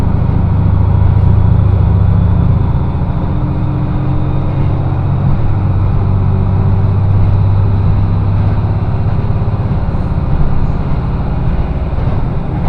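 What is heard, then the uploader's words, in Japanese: A train ride on the Echigo Tokimeki Railway: a steady, deep rumble of the moving carriage fills the whole stretch, with a low drone that wavers slightly in pitch. Loudness stays nearly constant, with faint higher rattles and hiss running underneath throughout. 耳で楽しむ鉄道旅 えちごトキめき鉄道 高田→直江津→糸魚川。ディーゼルカー1両で足りてしまいます。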